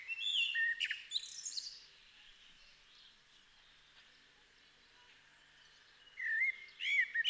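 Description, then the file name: Common blackbird song: a warbled phrase ending in high twitters, a stretch of near quiet, then a fresh fluty phrase returns at the end. "Turdus merula"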